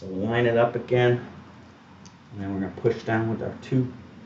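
A DDR4 memory stick is lined up over a motherboard DIMM slot, ready to be pushed down on both sides, while someone talks. A brief faint tick sounds at 2.1 s, but nothing has seated or clicked yet.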